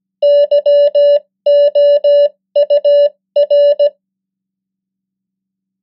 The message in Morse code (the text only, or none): YOUR